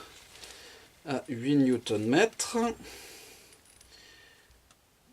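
A small torque wrench set to 8 Nm tightens the clutch cover screws on a BMW K1200 GT motorcycle engine (K44). Someone talks briefly, then two faint clicks come at 3.8 s and 4.7 s as the wrench reaches its setting, and the screws are done.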